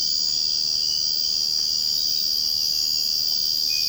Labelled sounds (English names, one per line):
none